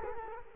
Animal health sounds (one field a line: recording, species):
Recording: mosquito wingbeat signal from an infrared sensor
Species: Culex quinquefasciatus